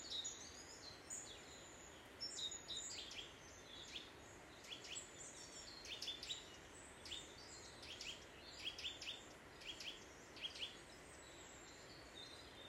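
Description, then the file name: Eurasian nuthatch giving scattered high, clipped call notes in irregular bursts over steady background hiss, with occasional faint higher chirps. "Sitta europaea"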